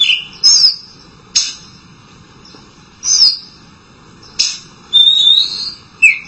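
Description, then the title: Oriental magpie-robin giving loud, clear whistled phrases, some rising and some falling, separated by short pauses. Chirping song (kicauan) of the bird. "Suara Kicauan Burung Kacer Durasi Panjang"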